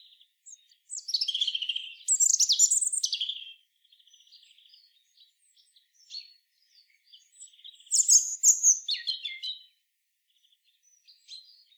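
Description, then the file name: European robin song: a liquid, high-pitched phrase with a sliding whistle, faint soft notes between, then a second cascading phrase of thin descending notes. "Erithacus rubecula"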